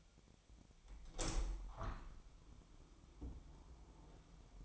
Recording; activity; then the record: daily activity, microphone in the room; open window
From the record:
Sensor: 1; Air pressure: 1006.5 hPa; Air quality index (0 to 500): 209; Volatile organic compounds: 24 ppm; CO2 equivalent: 2818 ppm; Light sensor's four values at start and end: 11/29/11/13 and 12/31/12/13